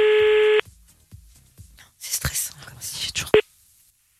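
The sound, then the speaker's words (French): A loud, steady telephone dialing tone sounds for about half a second as a call is placed again, then stops; hushed whispering follows, with a sharp click and a brief tone near the end. “Alors, j'en refais un.”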